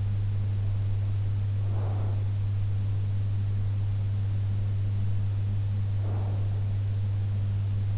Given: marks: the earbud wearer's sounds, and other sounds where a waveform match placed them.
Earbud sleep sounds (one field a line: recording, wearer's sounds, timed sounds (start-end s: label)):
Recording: sounds in sleep by an in-ear microphone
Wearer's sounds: breath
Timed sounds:
1.61-2.31 s: breath
5.96-6.72 s: breath